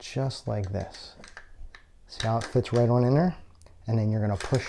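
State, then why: Not seated. Someone talks while fitting an AR-15 rifle's charging handle, carrying the bolt carrier, into the upper receiver, with light metallic handling taps between the words. Nothing has seated or clicked into place yet.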